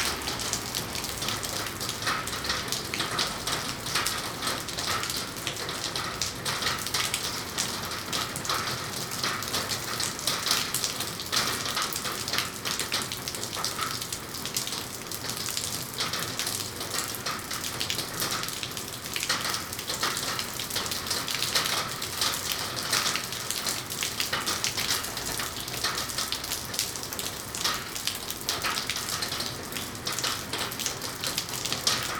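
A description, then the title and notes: Rain drums steadily on a metal roof, a dense patter of countless small hits that holds the same level for the whole half minute. The sound sits mostly in the bright, hissing range, with faint irregular pings and taps scattered through it. Rain on the Metal Roof.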